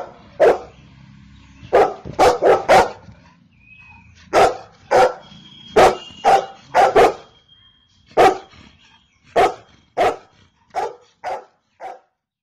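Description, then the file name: Golden retriever barking in bursts, some barks in quick runs of three or four and others singly, loud and sharp throughout. "Golden retriever Dog"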